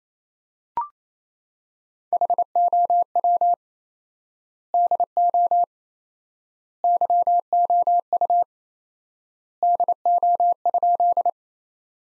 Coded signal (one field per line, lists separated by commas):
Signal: Morse code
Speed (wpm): 28 wpm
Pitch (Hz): 700 Hz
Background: none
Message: HOW DO YOU DO?